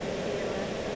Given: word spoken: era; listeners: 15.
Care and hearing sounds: one English word in noise, from a listening test; speech-shaped noise; -6.1 dB; 0 of 15; 6 of 15; 0.55 s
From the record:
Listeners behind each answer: 6, 2, 2, 1, 1, 1, 1, 1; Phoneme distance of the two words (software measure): 17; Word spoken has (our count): 2 syllables, 3 phonemes, stress on syllable 1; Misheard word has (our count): 2 syllables, 4 phonemes, stress on syllable 1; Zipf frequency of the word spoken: 4.40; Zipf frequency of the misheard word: 4.53

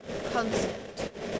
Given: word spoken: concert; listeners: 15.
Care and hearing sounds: one English word in noise, from a listening test; noise modulated by three-talker babble; -3.4 dB; 1 of 15; 10 of 15; 0.99 s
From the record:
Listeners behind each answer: 10, 3, 1, 1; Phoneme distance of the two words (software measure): 17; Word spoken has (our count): 2 syllables, 6 phonemes, stress on syllable 1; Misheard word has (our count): 2 syllables, 7 phonemes, stress on syllable 1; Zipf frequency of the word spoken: 4.23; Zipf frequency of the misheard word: 4.24

